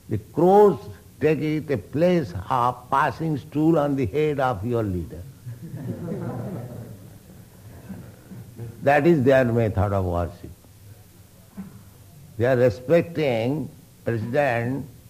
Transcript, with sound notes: The crows take it a place of passing stool on the head of your leader. [laughter] That is their method of worship. They are respecting president